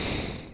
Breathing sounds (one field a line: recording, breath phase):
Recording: one breath near a microphone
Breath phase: exhalation